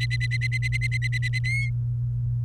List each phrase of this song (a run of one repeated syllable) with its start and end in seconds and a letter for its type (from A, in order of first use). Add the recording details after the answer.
0.00-1.39 A, 1.44-1.69 B. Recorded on 29 April 2018 at 11:39. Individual llb3